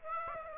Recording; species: mosquito wingbeat signal from an infrared sensor; Aedes aegypti